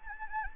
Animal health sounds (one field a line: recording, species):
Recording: mosquito wingbeat signal from an infrared sensor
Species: Anopheles gambiae